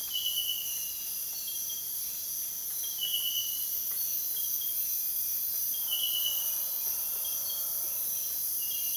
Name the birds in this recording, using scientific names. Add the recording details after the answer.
none. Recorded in dense forest near Puerto Asís, Putumayo, Colombia, on 23 June 2025 at 05:00. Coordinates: 0.484, -76.325. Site H65